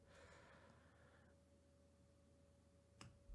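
A third wire terminal is pushed into an N64 controller cable connector housing during a paracord mod. A soft breathy, hissing sound fills the first part, followed by a sharp click at 3.0 s as the terminal seats in the housing.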